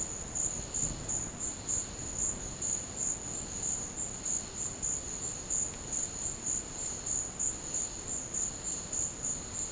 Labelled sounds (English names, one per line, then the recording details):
none
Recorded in dense forest near Puerto Asís, Putumayo, Colombia, on 13 March 2025 at 14:00
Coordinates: 0.500, -76.322
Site GP06